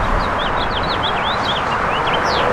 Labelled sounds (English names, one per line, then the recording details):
House Finch song
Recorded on Long Island, New York, on 1 June 2012
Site AS
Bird C